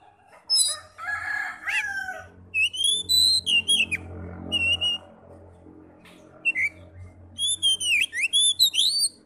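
Oriental magpie-robin song: loud whistled phrases of rising and slurred notes, in short bursts separated by pauses; faint low hum beneath.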